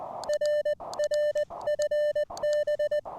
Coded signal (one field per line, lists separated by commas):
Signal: Morse code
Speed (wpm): 20 wpm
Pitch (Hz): 600 Hz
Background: none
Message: RR FB